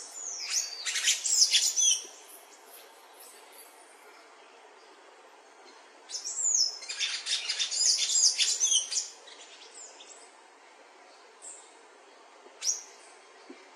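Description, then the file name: Golden-chevroned tanager singing in dense bursts of sharp, high chattering notes, a short burst first and a longer one about six seconds later, then a few stray notes. "canto do sanhaco de encontro amarelo"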